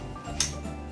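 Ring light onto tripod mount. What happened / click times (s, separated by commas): The threaded mount screwed down until it sat snug / 0.4 s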